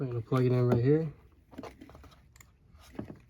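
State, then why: Not seated. Someone talks, then a wiring harness connector is handled against a new heater hot water control valve on a Mercedes before the valve is installed, with faint scrapes and small ticks. Nothing has seated or clicked yet.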